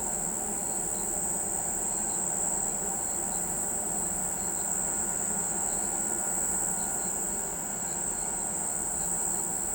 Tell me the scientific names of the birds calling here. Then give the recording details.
none. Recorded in pastures near Pivijay, Magdalena, Colombia, on 13 April 2023 at 03:30. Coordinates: 10.456, -74.369. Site P6-G026